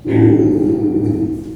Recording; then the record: squeal of a Yucatan mini pig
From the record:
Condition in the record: before surgery on the right vocal fold (resection and tissue-engineered implant); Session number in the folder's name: 1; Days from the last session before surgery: -21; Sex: female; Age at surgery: 19 weeks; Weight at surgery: 25 kg